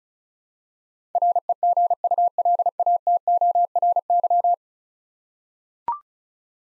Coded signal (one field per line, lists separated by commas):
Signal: Morse code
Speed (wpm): 36 wpm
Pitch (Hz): 700 Hz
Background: none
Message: REGULATORY